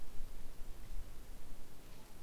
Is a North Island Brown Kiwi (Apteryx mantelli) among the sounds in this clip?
no